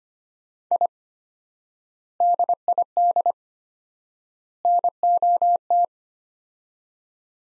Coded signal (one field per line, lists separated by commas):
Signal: Morse code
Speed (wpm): 25 wpm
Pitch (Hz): 700 Hz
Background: none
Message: I DID NOT